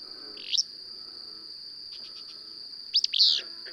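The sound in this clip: Bird chirps: a sharp sweeping note early and a louder burst of chirps near the end, over a steady high insect-like whine.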